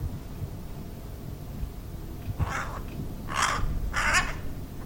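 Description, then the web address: Bird calling with three coarse, grating caws in the second half, over steady low-pitched background noise. "cianscape. Deverinetal. Bird Only"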